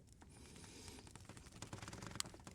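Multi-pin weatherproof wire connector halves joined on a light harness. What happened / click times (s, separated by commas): The plastic connector snapped together / 2.2 s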